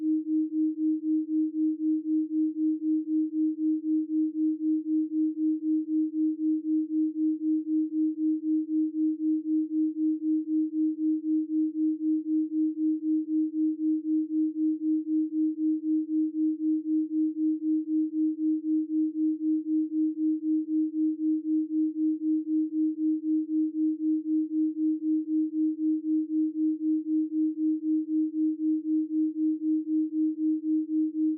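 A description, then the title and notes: A single steady 285 Hz tone hums unchanged throughout, throbbing gently about 3.6 times per second as a binaural beat, with nothing else heard. 3.6hz Delta Waves binaural beat - With 285Hz Solfeggio for intense deep meditation.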